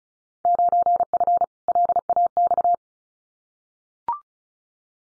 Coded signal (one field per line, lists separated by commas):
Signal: Morse code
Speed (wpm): 36 wpm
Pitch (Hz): 700 Hz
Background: none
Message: 9F LAX